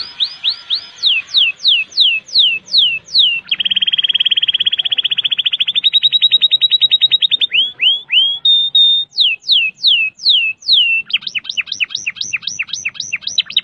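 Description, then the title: Canary song: a varied run of descending whistles, a fast rolling trill, more sweeping notes, and a final series of rapid repeated chirps. "Kenari"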